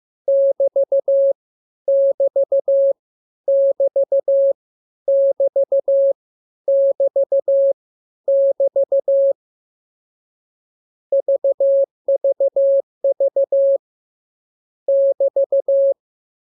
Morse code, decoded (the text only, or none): <BT> <BT> <BT> <BT> <BT> <BT> VVV <BT>